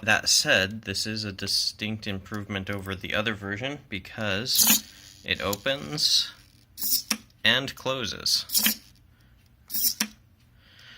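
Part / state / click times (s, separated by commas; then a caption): printed rocket cover closing into forearm rocket housing / seated / 10.0 s. Someone talks while closing the 3D-printed plastic cover of a prototype cosplay forearm rocket (Iron Man Mk 6 forearm rocket, prototype 4) into its housing. The cover snaps shut with a loud, sharp click at 10.0 s, and it is seated.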